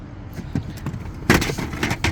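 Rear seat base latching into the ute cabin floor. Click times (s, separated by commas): 2.1 s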